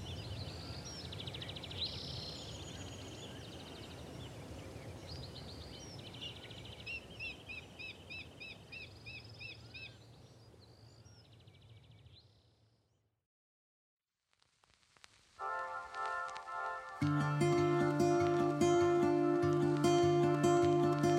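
Birds chirp in short repeated bursts over a steady low rumble of outdoor ambience for the first twelve seconds, then everything drops to near silence. From about fifteen seconds, a loud, sustained, stepped tonal sound takes over, growing louder toward the end.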